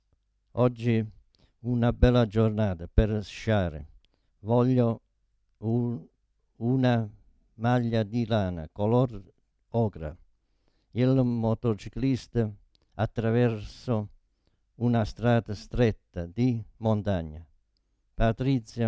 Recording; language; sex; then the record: read phrases; Italian; male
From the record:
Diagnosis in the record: Parkinson's disease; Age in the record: 72 years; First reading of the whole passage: 118 s, 4.4 characters per second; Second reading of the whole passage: 99 s, 5.2 characters per second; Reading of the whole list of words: 88 s, 3.2 characters per second